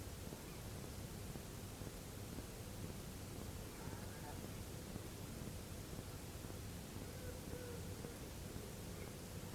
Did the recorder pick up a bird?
yes